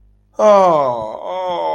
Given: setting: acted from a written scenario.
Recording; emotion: vocal sound without words; distress